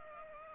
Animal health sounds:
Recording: mosquito wingbeat signal from an infrared sensor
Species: Culex pipiens

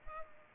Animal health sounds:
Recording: mosquito wingbeat signal from an infrared sensor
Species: Culex pipiens

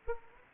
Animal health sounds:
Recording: mosquito wingbeat signal from an infrared sensor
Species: Anopheles gambiae

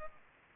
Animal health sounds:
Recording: mosquito wingbeat signal from an infrared sensor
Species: Culex pipiens

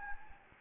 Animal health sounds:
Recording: mosquito wingbeat signal from an infrared sensor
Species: Anopheles gambiae

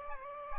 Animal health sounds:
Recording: mosquito wingbeat signal from an infrared sensor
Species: Aedes aegypti

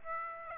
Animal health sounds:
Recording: mosquito wingbeat signal from an infrared sensor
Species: Aedes aegypti

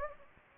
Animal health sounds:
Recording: mosquito wingbeat signal from an infrared sensor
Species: Anopheles gambiae

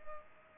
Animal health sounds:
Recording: mosquito wingbeat signal from an infrared sensor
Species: Culex pipiens

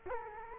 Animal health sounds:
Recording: mosquito wingbeat signal from an infrared sensor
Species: Culex quinquefasciatus

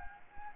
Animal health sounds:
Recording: mosquito wingbeat signal from an infrared sensor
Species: Anopheles gambiae

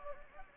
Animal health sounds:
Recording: mosquito wingbeat signal from an infrared sensor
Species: Anopheles gambiae

